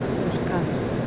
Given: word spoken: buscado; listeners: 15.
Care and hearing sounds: one Spanish word in noise, from a listening test; speech-shaped noise; -6.1 dB; 0 of 15; 9 of 15; 0.67 s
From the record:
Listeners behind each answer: 9, 2, 2, 1, 1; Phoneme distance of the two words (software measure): 17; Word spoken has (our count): 3 syllables, 7 phonemes, stress on syllable 2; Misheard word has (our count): 2 syllables, 6 phonemes, stress on syllable 2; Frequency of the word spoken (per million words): 12.79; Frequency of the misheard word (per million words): 92.75

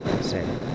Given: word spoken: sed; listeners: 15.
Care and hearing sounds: one Spanish word in noise, from a listening test; noise modulated by three-talker babble; -3.6 dB; 2 of 15; 11 of 15; 0.36 s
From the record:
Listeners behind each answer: 11, 2, 1, 1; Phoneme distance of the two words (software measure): 10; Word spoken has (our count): 1 syllable, 3 phonemes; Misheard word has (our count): 1 syllable, 3 phonemes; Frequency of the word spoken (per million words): 13.69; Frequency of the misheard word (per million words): 1526.78

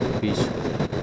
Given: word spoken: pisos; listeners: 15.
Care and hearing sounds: one Spanish word in noise, from a listening test; noise modulated by three-talker babble; -5.2 dB; 3 of 15; 9 of 15; 0.63 s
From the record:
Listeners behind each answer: 9, 3, 1, 1, 1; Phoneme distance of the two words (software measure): 7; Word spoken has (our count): 2 syllables, 5 phonemes, stress on syllable 1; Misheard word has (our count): 2 syllables, 4 phonemes, stress on syllable 1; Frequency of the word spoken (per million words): 16.94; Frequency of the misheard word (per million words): 62.99

